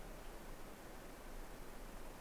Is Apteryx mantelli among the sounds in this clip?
no